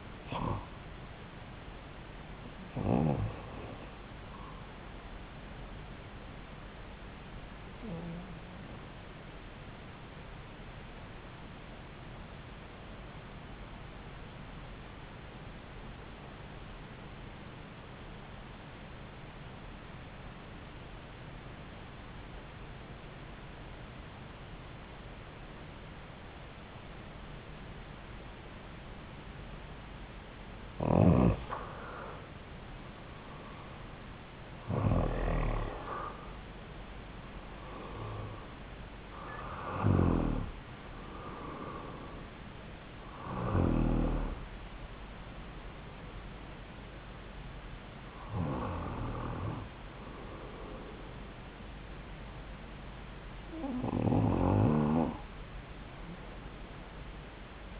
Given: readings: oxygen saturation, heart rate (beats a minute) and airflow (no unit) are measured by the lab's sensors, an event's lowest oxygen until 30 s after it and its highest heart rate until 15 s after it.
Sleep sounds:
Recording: breathing in sleep by a voice recorder at the bedside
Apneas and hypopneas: 1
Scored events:
12.00-30.60 s: obstructive apnea (REM, oxygen 95% highest, then 86% lowest)
From the record:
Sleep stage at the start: REM sleep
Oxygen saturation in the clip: 86 to 95%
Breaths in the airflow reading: 9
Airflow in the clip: -7.7 to 8.7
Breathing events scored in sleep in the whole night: 270 in 6.1 hours asleep

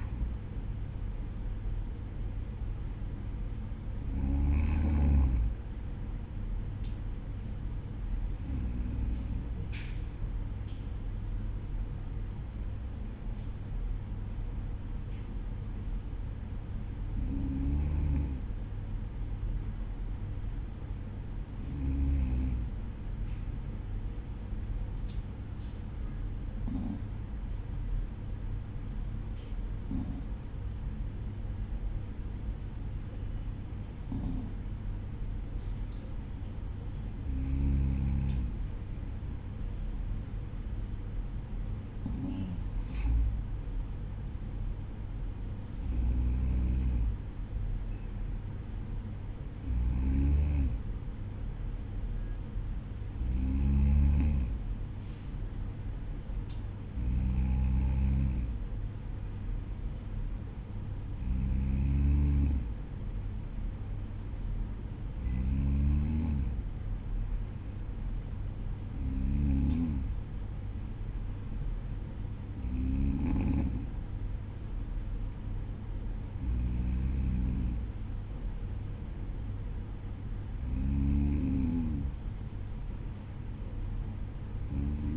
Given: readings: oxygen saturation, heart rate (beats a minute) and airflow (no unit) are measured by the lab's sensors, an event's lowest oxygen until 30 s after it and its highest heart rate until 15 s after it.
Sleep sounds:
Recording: breathing in sleep by a smartphone at the bedside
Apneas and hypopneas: none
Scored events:
none scored
From the record:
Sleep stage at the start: N2 (light sleep)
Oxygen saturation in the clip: 93 to 95%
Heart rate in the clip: 53 to 56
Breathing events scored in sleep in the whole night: 305 in 9.6 hours asleep

